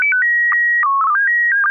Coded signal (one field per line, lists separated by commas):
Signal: SSTV (slow-scan television)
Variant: PD 120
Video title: N6NA SSTV Net - 08/16/2023